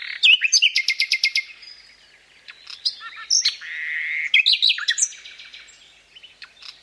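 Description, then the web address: Several birds sing at once, with rapid repeated chip notes, sweet whistled phrases and trills overlapping throughout. Japanese Alps. "sikioto birds alpusbirds"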